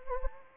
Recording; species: mosquito wingbeat signal from an infrared sensor; Anopheles arabiensis